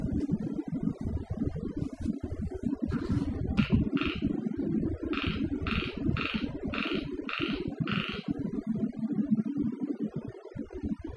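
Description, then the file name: Frog calls as a series of short nasal notes, a pair followed by a quicker run of six, over continuous low rumble. On Okinawa. "Mikhail Iliatov - Okinawa Frogs"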